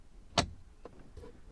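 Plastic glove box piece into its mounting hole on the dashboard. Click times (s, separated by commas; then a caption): 0.8 s. While reinstalling the glove box on a Honda Accord after a cabin air filter change, a plastic glove box piece is pushed gently into its small mounting hole on the dashboard. A loud, brief broadband knock comes near 0.4 s, then a short, quiet click at 0.9 s as the piece seats in place, followed by a faint softer sound around 1.2 s.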